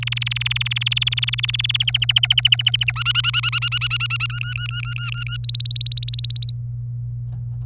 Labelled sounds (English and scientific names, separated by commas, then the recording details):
Domestic Canary (Serinus canaria) song
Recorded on 27 April 2018 at 08:02
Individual llb3